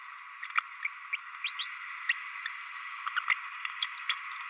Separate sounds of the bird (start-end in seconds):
0.57-0.60, 0.85-0.88, 1.12-1.16, 1.44-1.53, 1.59-1.68, 2.09-2.14, 3.16-3.20, 3.29-3.34, 4.09-4.16, 4.31-4.36